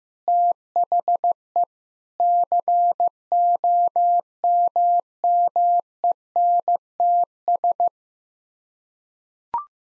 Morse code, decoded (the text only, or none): THE COMMENTS